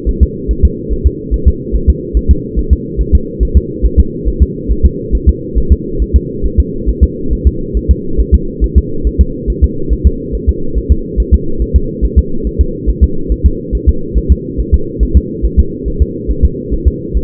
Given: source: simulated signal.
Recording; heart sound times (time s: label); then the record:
fetal heart sounds
0.09 s: S1
0.23 s: S2
0.51 s: S1
0.65 s: S2
0.92 s: S1
1.07 s: S2
1.34 s: S1
1.48 s: S2
1.76 s: S1
1.90 s: S2
2.17 s: S1
2.31 s: S2
2.59 s: S1
2.73 s: S2
3.01 s: S1
3.15 s: S2
3.43 s: S1
3.57 s: S2
3.86 s: S1
4.00 s: S2
4.28 s: S1
4.42 s: S2
4.71 s: S1
4.86 s: S2
5.15 s: S1
5.29 s: S2
5.58 s: S1
5.72 s: S2
6.02 s: S1
6.16 s: S2
6.46 s: S1
6.60 s: S2
6.89 s: S1
7.04 s: S2
7.33 s: S1
7.47 s: S2
7.77 s: S1
7.91 s: S2
8.20 s: S1
8.34 s: S2
8.64 s: S1
8.78 s: S2
9.07 s: S1
9.21 s: S2
9.50 s: S1
9.64 s: S2
9.93 s: S1
10.07 s: S2
10.35 s: S1
10.49 s: S2
10.78 s: S1
10.92 s: S2
11.20 s: S1
11.34 s: S2
11.62 s: S1
11.76 s: S2
12.05 s: S1
12.19 s: S2
12.47 s: S1
12.61 s: S2
12.90 s: S1
13.04 s: S2
13.32 s: S1
13.46 s: S2
13.75 s: S1
13.89 s: S2
14.18 s: S1
14.32 s: S2
14.60 s: S1
14.74 s: S2
15.03 s: S1
15.17 s: S2
15.45 s: S1
15.59 s: S2
15.88 s: S1
16.02 s: S2
16.31 s: S1
16.45 s: S2
16.73 s: S1
16.88 s: S2
17.17 s: S1
From the record:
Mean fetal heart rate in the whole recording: 140 bpm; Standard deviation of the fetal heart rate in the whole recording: 2 bpm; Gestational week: 34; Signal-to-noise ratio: -8.1 dB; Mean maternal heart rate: 72 bpm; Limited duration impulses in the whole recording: present